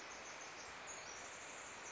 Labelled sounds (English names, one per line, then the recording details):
Pacific Wren
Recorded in Sonoma County, California